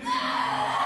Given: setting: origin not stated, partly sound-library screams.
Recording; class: one-second piece from a danger detection set; woman in danger